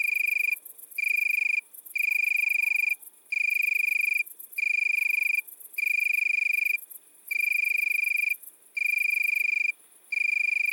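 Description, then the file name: Italian tree cricket repeating clear high trills in roughly one-second bursts with short gaps. Recorded at midnight at Le Puech, Cantal. "grillon-d Italie-a-minuit-Le-Puech-Cantal"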